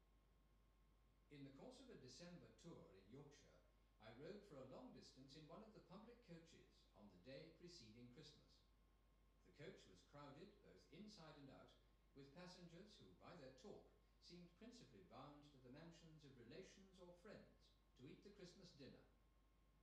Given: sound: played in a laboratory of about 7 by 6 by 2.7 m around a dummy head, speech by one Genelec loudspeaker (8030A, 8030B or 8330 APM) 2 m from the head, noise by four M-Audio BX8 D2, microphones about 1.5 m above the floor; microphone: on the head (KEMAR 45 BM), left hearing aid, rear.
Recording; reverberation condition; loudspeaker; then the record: male speech in English; medium; 30 degrees to the right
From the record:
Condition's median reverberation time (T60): about 510 ms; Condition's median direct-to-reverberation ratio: about -0.5 dB